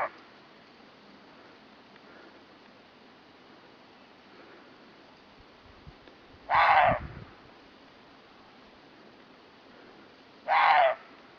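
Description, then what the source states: Roe deer barking: two harsh, hoarse barks about four seconds apart, after the end of another at the start, over a steady low hiss. More than one roe deer, barking.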